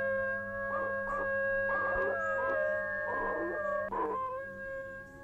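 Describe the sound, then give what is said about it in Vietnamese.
A person, face turned up to the sky, howls along with dogs' howling in a forest late at night: a long, steady, tonal wail held for several seconds, broken by a few rougher, yelping bursts along the way. No talking is heard. “Tôi trong vô thức ngửa mặt lên trời, rồi chu lên theo tiếng chó chu trước sự ngỡ ngàng của mấy người.”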